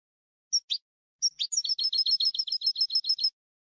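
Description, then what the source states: European goldfinch song opening with a thin whistle and a buzzy note, a pause, then a rapid, evenly paced string of tinkling chirps. Clean goldfinch song recording on a CD made for copying, for song training.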